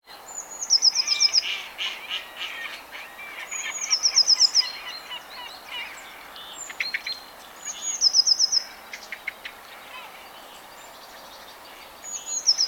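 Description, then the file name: Eurasian blue tit giving high thin notes followed by a fast descending trill, repeated about every three and a half seconds, with other birds chattering and twittering underneath. "Cyanistes caeruleus"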